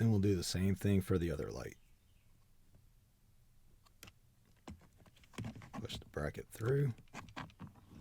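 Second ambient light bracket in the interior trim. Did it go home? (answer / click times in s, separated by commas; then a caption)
no / none. During an A/C cabin filter change on an Alfa Romeo Giulia, the bracket for the second ambient light in the interior trim is pushed through by hand. Someone talks, followed by a quiet stretch with scattered light taps and handling noises from about 4.0 s to 7.6 s, with more talking in between. The bracket is still being handled, and nothing has seated or clicked yet.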